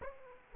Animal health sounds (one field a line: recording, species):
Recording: mosquito wingbeat signal from an infrared sensor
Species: Aedes aegypti